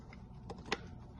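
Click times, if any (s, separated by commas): 0.7 s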